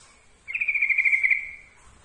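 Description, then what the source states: Yellow-vented bulbul song: one pulsing, rapid trill on a steady pitch lasting about a second, trailing off softly. Trucukan song, for masteran training.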